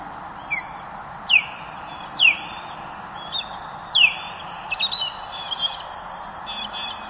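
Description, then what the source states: Osprey calls: short, sharp descending whistles repeated at irregular intervals, with a few fainter chirping notes later, over a steady background hiss. Female osprey, calling loudly.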